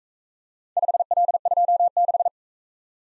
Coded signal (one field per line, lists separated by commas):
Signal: Morse code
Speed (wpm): 41 wpm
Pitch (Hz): 700 Hz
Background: none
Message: 5L26